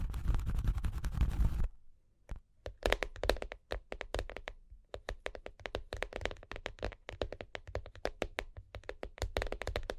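Cork and wood being tapped: a rough, dense scraping fills the first second and a half, then stops abruptly. After a short pause come irregular clusters of quick, sharp taps with hollow wooden knocks, sometimes in rapid bursts, continuing to the end.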